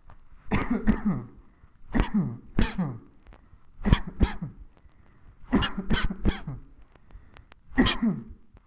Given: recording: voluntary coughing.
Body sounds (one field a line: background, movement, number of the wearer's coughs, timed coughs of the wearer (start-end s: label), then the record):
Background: quiet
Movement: sitting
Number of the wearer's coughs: 10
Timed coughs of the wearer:
0.49-0.82 s: cough
0.84-1.26 s: cough
1.92-2.36 s: cough
2.56-3.01 s: cough
3.83-4.14 s: cough
4.18-4.50 s: cough
5.50-5.83 s: cough
5.88-6.17 s: cough
6.23-6.56 s: cough
7.75-8.24 s: cough
From the record:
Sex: male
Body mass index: 20.5 kg/m2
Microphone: on the chest, facing the body